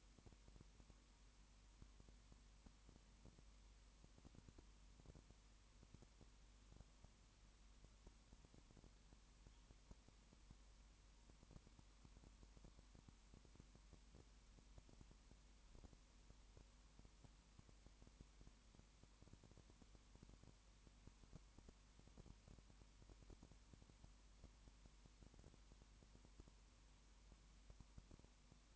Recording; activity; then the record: daily activity, microphone in the room; no activity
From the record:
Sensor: 1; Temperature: 19.7 degrees Celsius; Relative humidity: 40.5%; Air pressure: 1010.7 hPa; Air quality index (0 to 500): 208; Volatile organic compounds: 56 ppm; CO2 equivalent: 3368 ppm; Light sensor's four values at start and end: 1/2/1/1 and 1/2/1/1